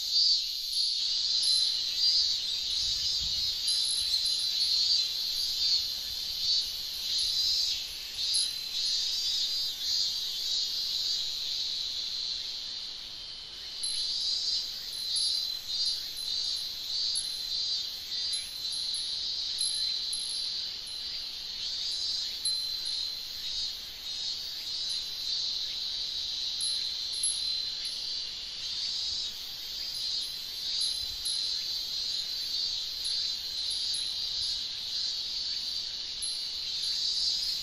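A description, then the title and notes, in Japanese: Cicadas drone without pause for the full stretch, a dense, bright, shimmering buzz that holds at a nearly even level, dipping slightly around the middle. Faint high glints sit above the chorus, and there is little else beneath it. 風鈴とセミ。ホワイトノイズよりの音となります。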